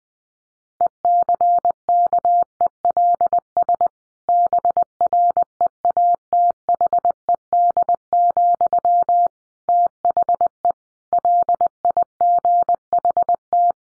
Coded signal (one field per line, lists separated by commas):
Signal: Morse code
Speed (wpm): 20 wpm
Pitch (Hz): 700 Hz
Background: none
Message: ECKELS BREATHED, THE LIGHT